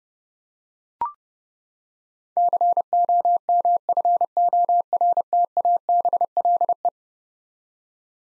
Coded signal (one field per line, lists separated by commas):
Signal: Morse code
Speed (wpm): 30 wpm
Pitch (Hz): 700 Hz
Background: none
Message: COMFORTABLE